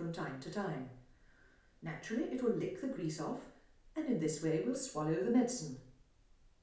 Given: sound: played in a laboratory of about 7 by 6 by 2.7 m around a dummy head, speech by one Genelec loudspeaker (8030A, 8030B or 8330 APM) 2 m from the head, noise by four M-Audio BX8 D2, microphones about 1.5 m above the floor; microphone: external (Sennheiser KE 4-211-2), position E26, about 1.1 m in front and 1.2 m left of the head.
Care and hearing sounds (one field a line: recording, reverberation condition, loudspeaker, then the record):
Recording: female speech in English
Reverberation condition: medium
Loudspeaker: 150 degrees to the left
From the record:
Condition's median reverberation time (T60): about 510 ms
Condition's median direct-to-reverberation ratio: about -0.5 dB